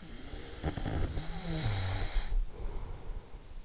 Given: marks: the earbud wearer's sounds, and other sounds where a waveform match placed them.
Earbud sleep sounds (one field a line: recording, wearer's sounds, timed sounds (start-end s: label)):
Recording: sounds in sleep by an in-ear microphone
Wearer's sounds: snoring breath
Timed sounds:
0.28-3.59 s: snoring breath